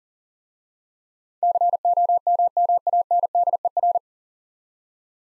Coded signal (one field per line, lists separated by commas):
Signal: Morse code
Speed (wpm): 39 wpm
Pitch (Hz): 700 Hz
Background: none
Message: COMMANDER